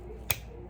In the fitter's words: Yes. You guys probably heard that, right? Click.